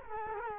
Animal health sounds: mosquito wingbeat signal from an infrared sensor; Culex quinquefasciatus

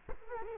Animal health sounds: mosquito wingbeat signal from an infrared sensor; Culex quinquefasciatus

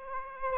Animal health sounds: mosquito wingbeat signal from an infrared sensor; Aedes aegypti

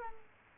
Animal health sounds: mosquito wingbeat signal from an infrared sensor; Culex quinquefasciatus

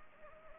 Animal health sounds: mosquito wingbeat signal from an infrared sensor; Anopheles gambiae

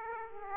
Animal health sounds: mosquito wingbeat signal from an infrared sensor; Aedes aegypti

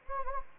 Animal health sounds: mosquito wingbeat signal from an infrared sensor; Anopheles gambiae

